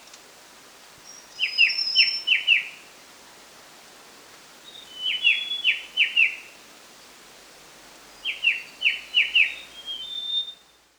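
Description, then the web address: White-browed shrike-babbler call: three evenly spaced groups of rapid falling notes, with faint high thin notes alongside, in a quiet background. Recorded 1 March 2008. "20080301. sound white-browed shrike-babbler"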